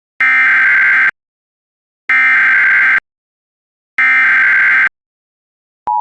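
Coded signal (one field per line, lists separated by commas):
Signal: Emergency Alert System (SAME) tones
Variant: header bursts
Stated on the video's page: Archived IPAWS EAS local area emergency alert for a boil water advisory.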